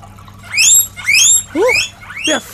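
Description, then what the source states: Guinea pig whistling: four loud, high squeals in quick succession, over a low steady hum. Loud whistling from guinea pigs at a pet shop; they start to whistle when hungry.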